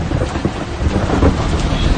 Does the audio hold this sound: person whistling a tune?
no